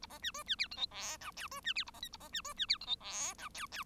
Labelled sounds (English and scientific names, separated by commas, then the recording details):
Bengalese Finch (Lonchura striata domestica) song
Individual Bird1